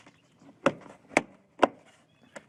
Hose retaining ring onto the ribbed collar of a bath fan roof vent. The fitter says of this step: So let's push that on. You're going to hear it click in.